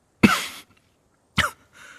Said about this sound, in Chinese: 院子里一片静默，咳嗽声响起，任安乐抬眼看见冷风下洛明熙潮红的脸，神色柔和下来。